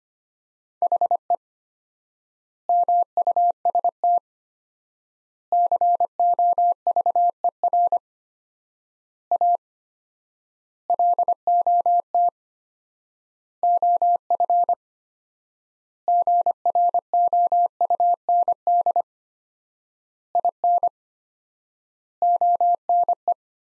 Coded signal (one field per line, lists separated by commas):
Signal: Morse code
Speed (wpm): 25 wpm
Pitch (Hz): 700 Hz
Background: none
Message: HE MUST COVER A LOT OF GROUND IN ONE